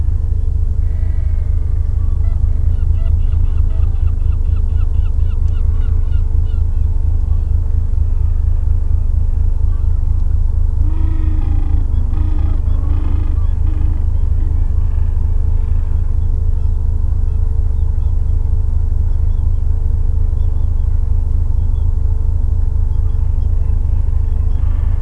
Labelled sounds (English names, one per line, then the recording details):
Gentoo Penguin
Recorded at the colony at Pleneau Island, Antarctica, on 3 January 2015
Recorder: Song Meter SM2+